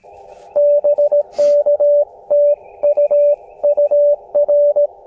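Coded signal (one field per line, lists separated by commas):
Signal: Morse code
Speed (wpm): 15 wpm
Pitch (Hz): 590 Hz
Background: radio noise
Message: BK TU UR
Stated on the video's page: QRP CW park activation with an Elecraft KX2, telescopic whip antenna and BaMaKeY TP-III paddle, with birdsong in the background.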